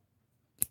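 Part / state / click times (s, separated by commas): crimped wire terminal into a weather-sealed connector housing / seated / 0.6 s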